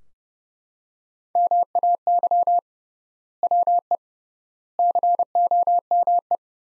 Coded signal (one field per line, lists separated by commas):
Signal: Morse code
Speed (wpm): 30 wpm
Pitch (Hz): 700 Hz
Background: none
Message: MAY WE COME